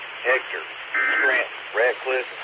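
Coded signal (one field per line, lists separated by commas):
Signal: Emergency Alert System (SAME) tones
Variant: end-of-message bursts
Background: speech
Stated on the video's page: Heard on a SKYWARN amateur repeater system on 147.1200 and 146.8050 MHz.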